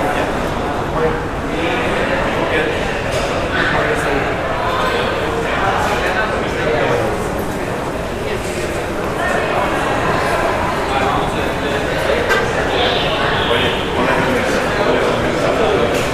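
Ambience in an airport terminal hall: a steady, dense murmur of many overlapping voices that never lets up. Footsteps and small clicks and knocks pop out of the crowd noise now and then, while the overall level stays even throughout.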